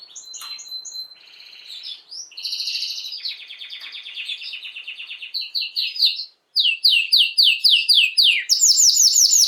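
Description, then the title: Canary song: continuous varied trills and rolling warbles shifting in pitch, with a brief silence before a loud series of fast repeated downslurred notes and high buzzy rolls. Belgian canary named Raiden, male singing a lot; used to warm up young birds. "Esquente Seu Filhote E Canario Belga Em 30 Minutos Macho Cantando Muito. Canrio Belga RAIDEN Cantando Muito - Esquente seu Canrio Belga"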